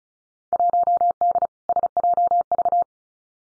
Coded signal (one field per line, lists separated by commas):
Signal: Morse code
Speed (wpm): 36 wpm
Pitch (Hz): 700 Hz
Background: none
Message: 1D SJV